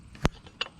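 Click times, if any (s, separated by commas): none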